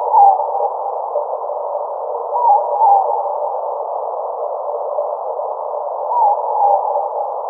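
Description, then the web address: Morepork calls: soft two-note hoots, repeated three times a few seconds apart over a constant band of muffled hiss. "owls morepork b marcot"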